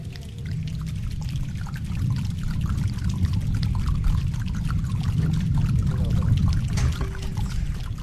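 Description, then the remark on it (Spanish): A group snaps their fingers together to imitate rain, in scattered, overlapping clicks that blend into a steady pattering like rainfall, holding an even loudness for several seconds with no talking. “El segundo gesto vamos a hacer chasquidos.”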